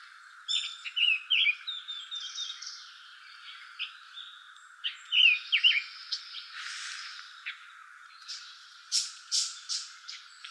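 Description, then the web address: Long-tailed tit calls: scattered high twitters and thin trilled notes, with a few sharp, spaced chips toward the end. "birdenaga sousityou"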